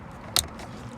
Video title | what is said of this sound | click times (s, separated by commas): How to replace 2016/17 Nissan Maxima steering wheel | get a little click and don't forget to put the boat back here | 0.4 s